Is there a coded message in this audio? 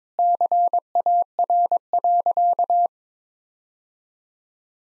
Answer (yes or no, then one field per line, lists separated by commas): yes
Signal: Morse code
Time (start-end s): 0.2-2.9 s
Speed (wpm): 22 wpm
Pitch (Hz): 700 Hz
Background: none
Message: CAR.